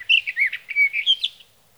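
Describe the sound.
Sage thrasher song fragment: a brief burst of slurred, whistled warbling notes lasting just over a second.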